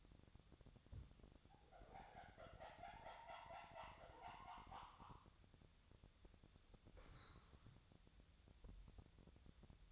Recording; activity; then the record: daily activity, microphone in the room; wipe stove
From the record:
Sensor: 3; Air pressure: 1007.1 hPa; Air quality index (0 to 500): 205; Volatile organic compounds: 18 ppm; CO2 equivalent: 2620 ppm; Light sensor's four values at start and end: 11/27/11/11 and 11/27/11/11